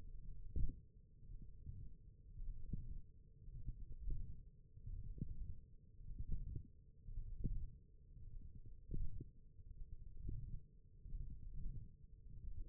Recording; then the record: forearm muscle sounds (acoustic myography)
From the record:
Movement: wrist extension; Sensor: system 1, eight BSWA MPA416 microphones around the upper forearm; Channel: 4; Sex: male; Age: 21 years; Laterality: right